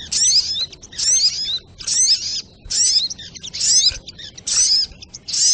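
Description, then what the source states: Crimson sunbird song of shrill, scratchy twitters and thin whistled slurs, delivered in regular short bursts with short silences between. Bird song used as masteran for teaching songbirds, Labaik variant.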